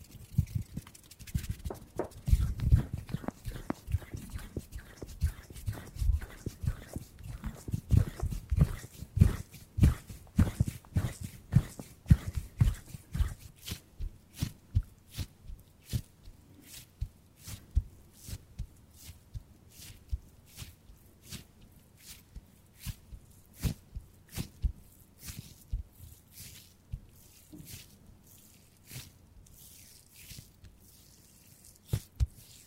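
Hand sounds made for ASMR: for the first fifteen seconds, dense rubbing and soft thumping with a low rumble under quick taps. After that the rubbing fades and sharp, crisp clicks and taps come irregularly, about one or two per second, over near silence.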